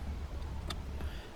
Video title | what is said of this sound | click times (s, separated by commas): Upgrade the Steering Wheel in your 1999-2004 Jeep Grand Cherokee WJ | push it into place push that plastic part down and it clicks into place reconnect the airbag set | 0.7 s